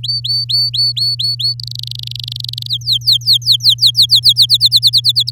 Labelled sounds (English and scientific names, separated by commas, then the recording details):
Domestic Canary (Serinus canaria) song
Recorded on 8 May 2018 at 06:24
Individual llb16